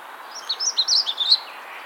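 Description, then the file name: Magnolia Warbler singing one brief, rapid phrase of high whistled notes that rise and fall over about a second, with a soft background hiss. "Setophaga magnolia - Magnolia Warbler"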